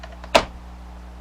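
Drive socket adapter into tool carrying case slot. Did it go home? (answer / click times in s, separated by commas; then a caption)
yes / 0.4 s. A 1/2-inch to 3/8-inch drive socket adapter is pressed into its molded slot in a plastic carrying case. Two faint taps at about 0.0 and 0.2 seconds lead to one sharp, loud snap at 0.4 seconds, followed by quiet. The adapter snaps into place and is seated.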